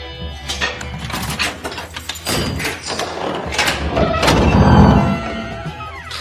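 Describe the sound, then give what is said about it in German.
The door to Tim's room in the Boss Baby story opens as Boss Baby comes in, with a series of thumps, creaks and rattling clatter, ending in a louder heavy rumble, with no voices. “Aber schon ein paar Stunden später ging die Tür auf und Boss Baby kam herein.”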